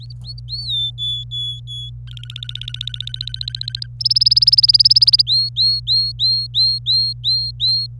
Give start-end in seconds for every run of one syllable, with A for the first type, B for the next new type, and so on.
0.00-0.67 A, 0.68-1.90 B, 2.07-3.86 C, 4.00-5.22 D, 5.27-7.86 A